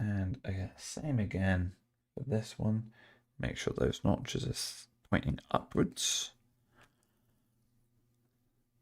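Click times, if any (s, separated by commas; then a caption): none. Someone talks while a notched plastic LEGO element, notches pointing upwards, is pushed onto a LEGO Star Trek USS Enterprise-D model. The expected click does not come, and the part has not seated or clicked.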